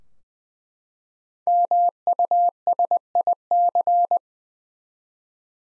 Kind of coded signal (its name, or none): Morse code